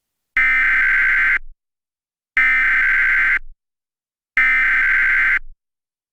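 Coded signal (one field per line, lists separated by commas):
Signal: Emergency Alert System (SAME) tones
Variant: header bursts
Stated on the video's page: Simulated EAS scenario, fictional July 4th special.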